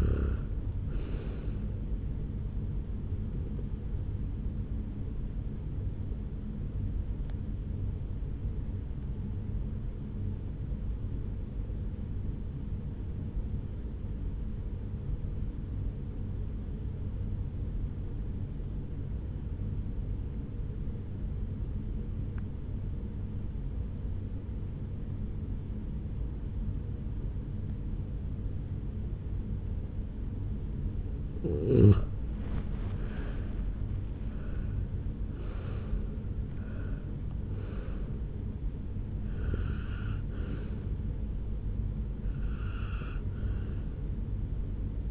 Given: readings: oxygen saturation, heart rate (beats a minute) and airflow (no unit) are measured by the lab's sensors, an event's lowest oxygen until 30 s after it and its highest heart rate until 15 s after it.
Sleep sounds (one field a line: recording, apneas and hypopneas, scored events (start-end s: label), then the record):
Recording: breathing in sleep by a smartphone at the bedside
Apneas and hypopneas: 1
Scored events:
8.00-31.40 s: hypopnea (N1, oxygen 96% highest, then 87% lowest, heart rate 63 at the start, 77 highest)
15.00-45.11 s: new sleep stage, N2 (light sleep)
From the record:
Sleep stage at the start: N1 (lightest sleep)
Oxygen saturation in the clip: 87 to 96%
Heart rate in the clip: 57 to 77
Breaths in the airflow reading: 8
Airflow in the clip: -8.6 to 6.6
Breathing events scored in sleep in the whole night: 449 in 7.0 hours asleep